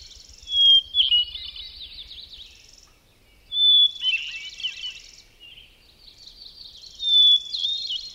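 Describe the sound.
Hermit thrush singing three flute-like phrases, each opening on a long, clear whistled note and spilling into a shimmering cascade, about every three seconds; a thin high trill sounds behind.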